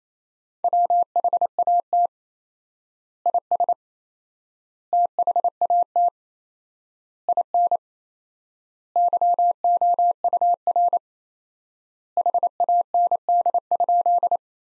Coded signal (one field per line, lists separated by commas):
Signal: Morse code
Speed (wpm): 28 wpm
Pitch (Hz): 700 Hz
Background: none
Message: WHAT IS THAT IN YOUR HAND?